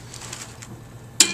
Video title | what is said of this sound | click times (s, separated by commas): Xyron 2500 Set Up | You hear it pop. This will come off. | 1.2 s